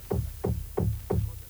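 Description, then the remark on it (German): Four heavy, dull knocks come from the ceiling above in a steady, even rhythm. Each is a low, booming thud with no voices over them. “Na, der wird doch nicht gleich durch die Decke kommen? Das muss wohl über Ihnen sein.”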